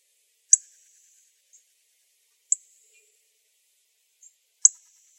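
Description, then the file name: Northern cardinal calls: three loud, sharp, high chips about two seconds apart, with fainter chips between them, in otherwise quiet surroundings. Calls recorded in Arizona on 27 December 2003. "NOCA CALLS. deviche"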